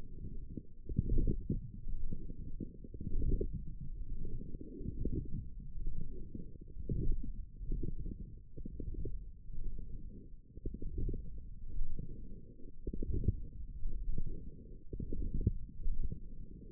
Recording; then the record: forearm muscle sounds (acoustic myography)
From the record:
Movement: forearm pronation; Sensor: system 1, eight BSWA MPA416 microphones around the upper forearm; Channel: 4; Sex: female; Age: 22 years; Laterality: right